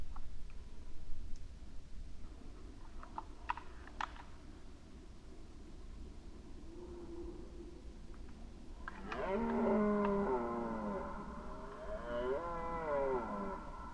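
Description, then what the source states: Red deer roar, a drawn-out, wavering bellow rising in after scattered clicks and a low rumble of background noise. Recorded during the rut, 2011.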